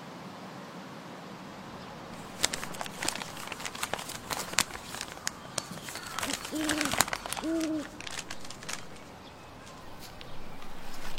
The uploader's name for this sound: flying broom, open book